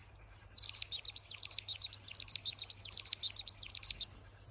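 Finch song, a fast run of high, sharp chirps and short trilled notes, starting after half a second and continuing to the end.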